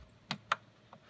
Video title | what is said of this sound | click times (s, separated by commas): 2011-2015 Chevy Volt Spark Plug Replacement | clicks into place it just | 0.5 s